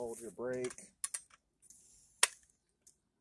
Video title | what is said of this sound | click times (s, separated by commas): Review of Dewalt 60Volt max flexvolt 7 1/4" cordless brushless circular saw with brake 9.0 Ah | clicks into place | 2.2 s